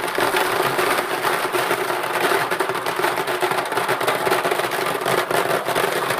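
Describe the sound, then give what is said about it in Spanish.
Bingo balls rattle and clatter continuously as they are shaken to draw the winner of two tickets from four entries, a dense, steady clacking of hard balls knocking together for several seconds with no voices. “Pues bien, vamos a mover las bolas del bingo y vamos a ver quién se lleva estas dos entradas.”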